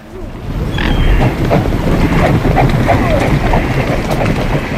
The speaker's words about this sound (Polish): Nie, to nie koń, ale też zwierzęta. Jakie? Łabędzie, nagrane tutaj w Sopocie. To jedno z moich w ogóle pierwszych nagrań dźwiękowych. Właśnie przelot łabędzi tutaj nad morzem.